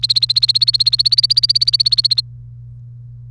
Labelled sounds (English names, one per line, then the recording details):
Domestic Canary song
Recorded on 1 May 2018 at 11:34
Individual llb3